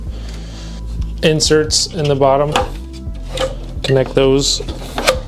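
A plastic bottom piece of a Libernovo OmniChair office chair is handled against the seat base assembly while someone talks over background music, with a few brief knocks from the parts. Nothing has seated or clicked into place yet.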